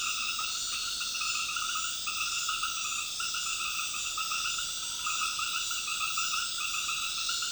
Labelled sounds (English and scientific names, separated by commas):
none